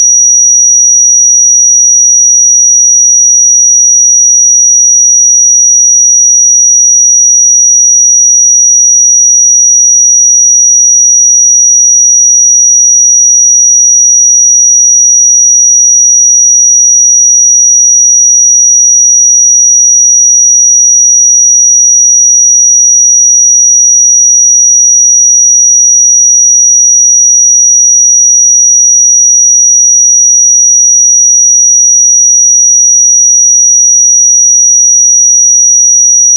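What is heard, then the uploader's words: A steady 5788 Hz pure sine tone holds unchanged from start to finish, a single thin, bright whistle with no other sounds. 5788 Hz 1 Hz Interval Sine Pure Tone Frequency 441000 Sample Mono.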